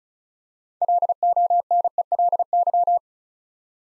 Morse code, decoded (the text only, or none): LONELY